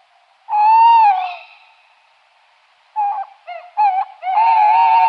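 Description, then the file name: Tawny owl hooting: a long hoot, a pause, then short stuttering notes that lead into a long, wavering final hoot. "Kattuggla"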